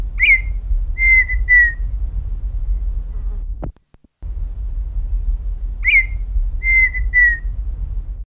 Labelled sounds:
Striped Cuckoo call
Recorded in captivity
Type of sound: call
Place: El Palmar-Nationalpark, AR
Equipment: Halbspur, 9,5 cm/s
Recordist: Lütgens, Hans
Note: Rufe

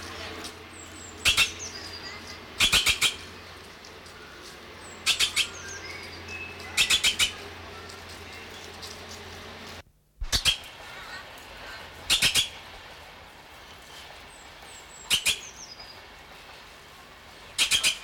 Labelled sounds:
Crested Oropendola call
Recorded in captivity
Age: adult
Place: Zoo Berlin, Berlin, DE
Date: 1994-01-08
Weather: wolkig bis sonnig, 6 °C
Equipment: Marantz CP 430, Sennheiser MKH 416 T, Kopie Uher Variocord 263
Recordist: Tembrock, Günter

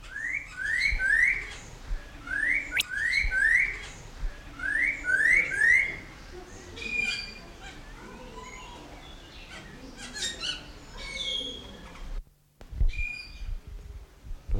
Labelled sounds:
Snowy-crowned Robin-Chat
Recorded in captivity
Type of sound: song, call, call sequence, whistle
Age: adult
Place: Zoo Berlin, Berlin, DE
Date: 1993-03-20
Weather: 5-8°C, böiger Wind
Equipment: Marantz CP 430, Sennheiser ME 80, Kopie Uher Variocord 263
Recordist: Tembrock, Günter
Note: Pfeifende Lautfolgen

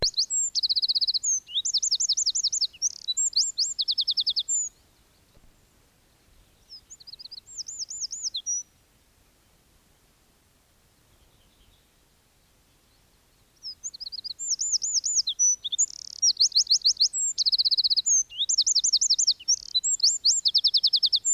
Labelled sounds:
Eurasian Wren song
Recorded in the wild
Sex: male
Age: adult
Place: Bielefeld-Senne, Teutoburger Wald, Nordrhein-Westfalen, DE
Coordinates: 51.9836, 8.55306
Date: 1967-06-18
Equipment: Uher 4000 Report-S, Bändchenmikro Beyer M 260, Parabolspiegel Polyester (470 mm)
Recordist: Conrads, Klaus
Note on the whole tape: Bei Spiegel (wahrscheinlich: Bielefeld, Spiegelsberger Weg 126). Gesang

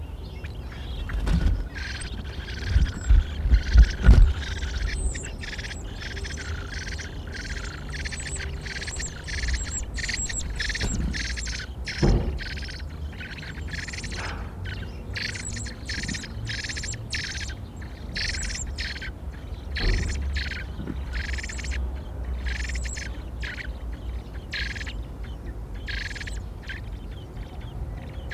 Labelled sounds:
Common Blackbird call
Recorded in the wild
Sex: diverse
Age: immature
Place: Hannover, Niedersachsen, DE
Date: 1967-07-18
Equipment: Halbspur, 9,5 cm/s
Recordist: Lütgens, Hans
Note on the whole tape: Terrasse Neustätter Straße 10, drei Junge rufen bei der Fütterung am 14./16./18.7.1967, schlüpfen 6.7., kein Rufen bis 11.7, Ausfliegen am 18.7

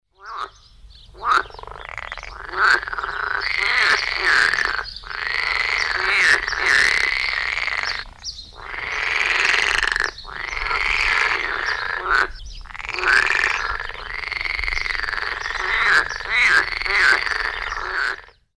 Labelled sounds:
Edible Frog
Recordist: Tembrock, Günter
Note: Paarungsrufe

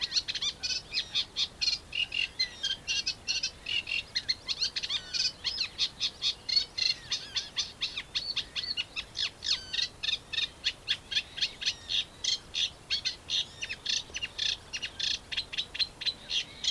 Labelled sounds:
Eurasian Reed Warbler
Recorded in the wild
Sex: male
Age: adult
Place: Karower Teiche, Naturpark Barnim, Berlin, DE
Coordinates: 52.623, 13.46
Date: 1992-06-14
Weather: sonnig (heiter), 19-22°C
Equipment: Nagra SN, Mikrofon AKG CK 8, Kopie Tesla B 116
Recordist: Tembrock, Günter

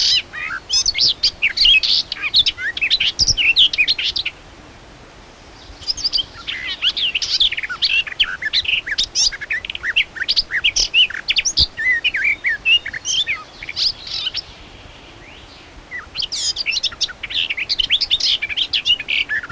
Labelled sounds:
Garden Warbler song
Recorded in the wild
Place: Krombachtalsperre, DE
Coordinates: 50.6217, 8.12722
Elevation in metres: 530
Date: 1964-05-10
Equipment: Uher Report 4000, AKG D190
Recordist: Krey, Winfried

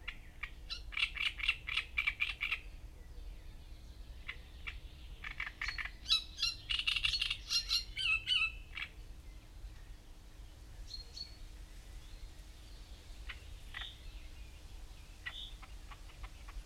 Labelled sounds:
Great Reed Warbler song
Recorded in the wild
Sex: male
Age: adult
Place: Gorinsee, Brandenburg, DE
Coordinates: 52.6889, 13.4711
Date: 1990-05-19 12:54
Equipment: Uher 4400 Report Monitor, Sennheiser MKH 416 T
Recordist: Frommolt, Karl-Heinz

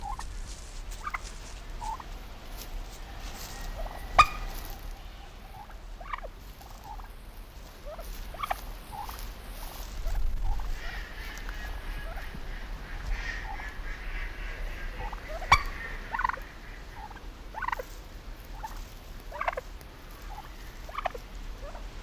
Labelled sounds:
Wild Turkey
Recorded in captivity
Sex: male
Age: adult
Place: Timmendorfer Strand, Holsteinische Schweiz, Schleswig-Holstein, DE
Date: 1992-09-21 13:26
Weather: sonnig, 22°C
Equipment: Marantz CP 430, Sennheiser ME 80, Kopie Tesla B 116
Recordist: Tembrock, Günter

